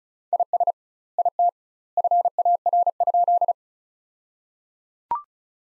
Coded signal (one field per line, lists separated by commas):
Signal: Morse code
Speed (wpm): 34 wpm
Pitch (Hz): 700 Hz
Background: none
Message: IS IT FAR?